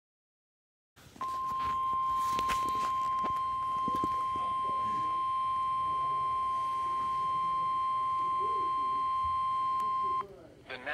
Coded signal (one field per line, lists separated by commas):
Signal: Emergency Alert System (SAME) tones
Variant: 1050 Hz attention tone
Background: speech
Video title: Late Night SVA and SVR (EAS 299-300)